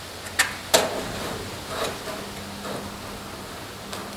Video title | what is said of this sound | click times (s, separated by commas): Atos_pt2 | Until it clicks. | 0.4 s, 0.7 s